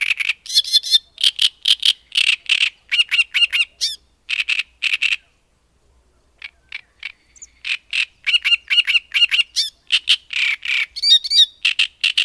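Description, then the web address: Great reed warbler song: loud, harsh grating notes repeated in twos and threes, mixed with brief squeaky whistled phrases, a short pause midway before the chattering resumes. "agykontroll Madardalok Cd 3. Nádirigó"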